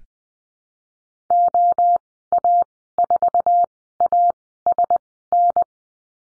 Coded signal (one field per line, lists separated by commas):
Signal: Morse code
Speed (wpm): 20 wpm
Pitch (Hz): 700 Hz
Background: none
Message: OA4ASN